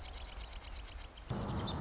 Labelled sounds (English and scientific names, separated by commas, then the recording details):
Marsh Wren (Cistothorus palustris)
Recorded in Sonoma County, California